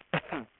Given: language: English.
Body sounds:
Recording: throat vibration sensor signal played as sound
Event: cough

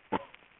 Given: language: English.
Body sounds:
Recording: throat vibration sensor signal played as sound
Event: cough

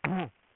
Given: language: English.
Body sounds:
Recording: throat vibration sensor signal played as sound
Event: throat clearing

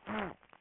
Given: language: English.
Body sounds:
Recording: throat vibration sensor signal played as sound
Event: throat clearing

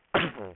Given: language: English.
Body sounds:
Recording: throat vibration sensor signal played as sound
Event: cough

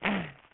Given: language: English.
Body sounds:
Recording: throat vibration sensor signal played as sound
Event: throat clearing

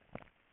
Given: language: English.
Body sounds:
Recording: throat vibration sensor signal played as sound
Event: swallow

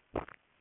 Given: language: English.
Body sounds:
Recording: throat vibration sensor signal played as sound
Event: swallow

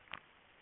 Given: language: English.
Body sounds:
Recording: throat vibration sensor signal played as sound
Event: swallow

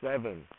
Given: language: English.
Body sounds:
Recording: throat vibration sensor signal played as sound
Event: speech

